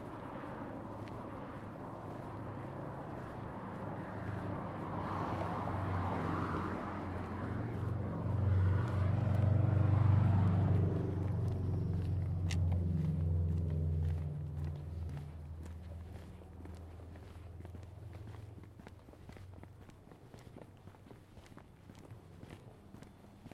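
A stroll through a Seattle neighborhood, with a vehicle's deep engine rumble building over the first ten seconds, peaking around the middle, then fading away. Light, regular footsteps tap through the quieter second half over a low steady street hum.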